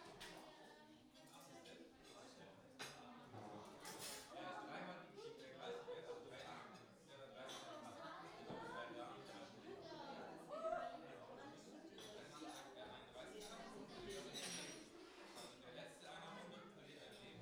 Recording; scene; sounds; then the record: everyday scene through a hearing-aid microphone; many people talking; many voices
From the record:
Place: parish hall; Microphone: in the ear canal, right